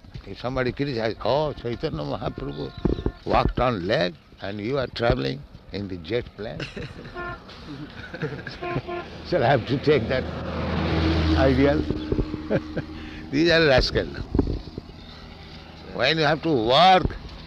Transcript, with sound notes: If somebody criticizes, "Oh, Caitanya Mahāprabhu walked on leg, and you are traveling in the jet plane?" shall I have to take that ideal? [chuckling] These are rascaldom. When you have to work,